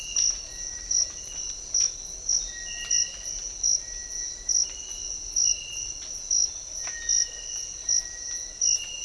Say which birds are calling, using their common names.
Cinereous Tinamou